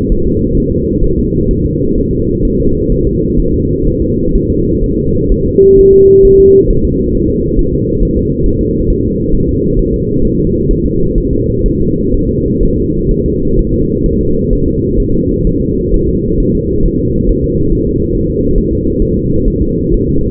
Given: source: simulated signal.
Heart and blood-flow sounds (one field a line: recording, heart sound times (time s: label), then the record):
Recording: fetal heart sounds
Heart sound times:
0.12 s: S1
0.27 s: S2
0.58 s: S1
0.72 s: S2
1.04 s: S1
1.19 s: S2
1.51 s: S1
1.66 s: S2
1.98 s: S1
2.13 s: S2
2.45 s: S1
2.60 s: S2
2.92 s: S1
3.07 s: S2
3.40 s: S1
3.54 s: S2
3.87 s: S1
4.02 s: S2
4.35 s: S1
4.50 s: S2
4.84 s: S1
4.98 s: S2
5.32 s: S1
5.46 s: S2
5.79 s: S1
5.94 s: S2
6.25 s: S1
6.40 s: S2
6.71 s: S1
6.85 s: S2
7.15 s: S1
7.30 s: S2
7.59 s: S1
7.74 s: S2
8.03 s: S1
8.17 s: S2
8.46 s: S1
8.61 s: S2
8.90 s: S1
9.05 s: S2
9.35 s: S1
9.49 s: S2
9.79 s: S1
9.94 s: S2
10.25 s: S1
10.39 s: S2
10.71 s: S1
10.86 s: S2
11.18 s: S1
11.33 s: S2
11.66 s: S1
11.80 s: S2
12.14 s: S1
12.29 s: S2
12.63 s: S1
12.78 s: S2
13.11 s: S1
13.26 s: S2
13.59 s: S1
13.74 s: S2
14.06 s: S1
14.21 s: S2
14.53 s: S1
14.68 s: S2
15.00 s: S1
15.15 s: S2
15.47 s: S1
15.62 s: S2
15.94 s: S1
16.09 s: S2
16.40 s: S1
16.55 s: S2
16.86 s: S1
17.00 s: S2
17.30 s: S1
17.44 s: S2
17.73 s: S1
17.87 s: S2
18.15 s: S1
18.30 s: S2
18.58 s: S1
18.73 s: S2
19.02 s: S1
19.17 s: S2
19.48 s: S1
19.63 s: S2
19.94 s: S1
20.09 s: S2
From the record:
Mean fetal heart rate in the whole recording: 130 bpm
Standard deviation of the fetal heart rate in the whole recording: 4 bpm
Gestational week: 38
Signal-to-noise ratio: -15.3 dB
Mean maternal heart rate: 72 bpm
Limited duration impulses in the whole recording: present